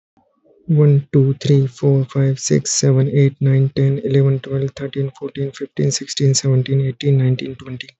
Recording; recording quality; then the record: counting at a fast pace; excellent, no background noise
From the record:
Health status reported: healthy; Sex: male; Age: 31 years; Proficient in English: yes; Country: India